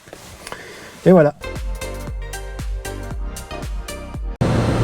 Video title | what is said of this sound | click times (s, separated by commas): CITROËN AMI La nouvelle option qu'il vous faut : Télécommande DNR au volant ÉPISODE 13 | cela se clipse comme cela | 0.5 s